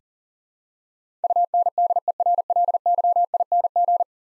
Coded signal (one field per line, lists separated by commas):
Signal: Morse code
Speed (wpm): 40 wpm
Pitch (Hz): 700 Hz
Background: none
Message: UNDERLYING